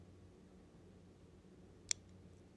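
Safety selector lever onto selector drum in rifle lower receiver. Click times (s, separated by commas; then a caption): 1.9 s. A Radian Talon 45/90 safety selector lever is slid onto the selector drum in a rifle lower receiver and pushed flush while a tool holds down the retention spring and pin. Against quiet low background noise, a single sharp, bright click at 1.9 s marks the lever seating into its detent hole.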